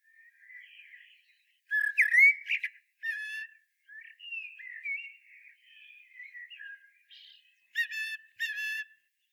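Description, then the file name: Common blackbird song with quiet warbling notes interrupted by loud, rich whistled bursts around two seconds and again near eight seconds. "Turdus merula"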